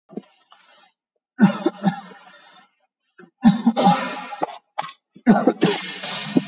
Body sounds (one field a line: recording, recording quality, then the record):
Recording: shallow voluntary cough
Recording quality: excellent, no background noise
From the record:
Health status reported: exposed to COVID-19, no respiratory illness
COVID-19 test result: negative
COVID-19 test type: RT-PCR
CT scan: taken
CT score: 7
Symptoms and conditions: loss of smell and taste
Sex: male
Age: 33 years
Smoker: no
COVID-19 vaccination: one dose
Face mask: worn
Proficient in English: yes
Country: India